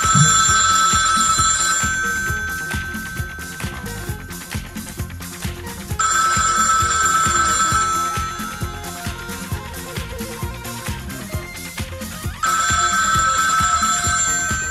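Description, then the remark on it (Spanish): An old landline telephone bell rings in three loud, bright bursts, each about two seconds long, separated by pauses of roughly four seconds, with a steady rattling buzz underneath. “Esos teléfonos sonaban más o menos así, mira.”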